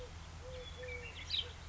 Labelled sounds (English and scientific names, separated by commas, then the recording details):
Eurasian Collared Dove (Streptopelia decaocto)
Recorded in Sonoma County, California